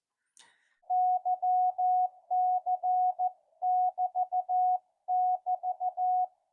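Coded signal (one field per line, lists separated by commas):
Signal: Morse code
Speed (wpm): 14 wpm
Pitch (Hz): 730 Hz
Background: none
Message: YC<BT><BT>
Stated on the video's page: Yaesu FT-857 transceiver being tested with an added analog meter.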